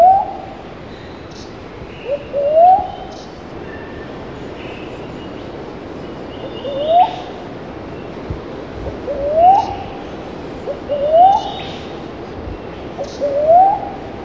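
Slender-billed cuckoo-dove giving rising, whistled coos, each a short low note followed by an upslurred whoop, repeated at irregular intervals.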